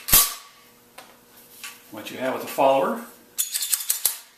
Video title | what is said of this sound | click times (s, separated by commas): RCI XM2BE Installation Instructions | and you'll hear the follower snap into place. | 0.1 s